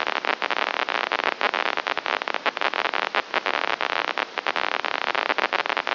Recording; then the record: brain microelectrode recording played as sound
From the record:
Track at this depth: inside the subthalamic nucleus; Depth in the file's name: 4.502 mm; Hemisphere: left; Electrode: 2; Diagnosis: Parkinson's disease